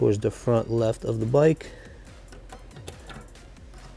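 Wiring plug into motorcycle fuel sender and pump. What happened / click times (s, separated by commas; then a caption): The plug is being handled but has not clicked home yet / none. Someone talks while holding the wiring plug for the fuel sender and fuel pump of a 2015+ Yamaha R3, with its lock facing the front left of the bike. After the talking stops at about 1.5 s, only faint handling ticks are heard near 2.5, 2.9, 3.4 and 3.6 s. The plug has not clicked in or seated yet.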